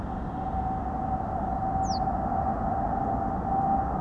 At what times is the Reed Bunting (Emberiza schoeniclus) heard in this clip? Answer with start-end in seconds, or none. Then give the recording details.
1.82-2.00. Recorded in France